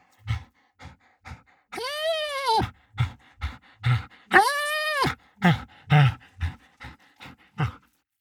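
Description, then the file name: Dog whining in two long drawn-out, high nasal whimpers between short breathy pants and small grunting sighs. "dog whine pant"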